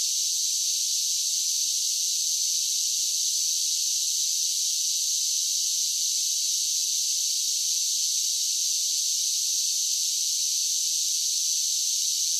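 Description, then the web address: Cicadas singing in a steady, bright buzzing hiss that runs without a break or change in loudness. Several cicadas singing together. "Blastwave INSECTS Cicadas Sing"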